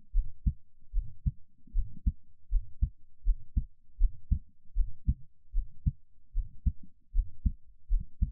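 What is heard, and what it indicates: Steady, soft lub-dub heartbeats of an adult at roughly 75 a minute, heard close up in ASMR style, with no talking.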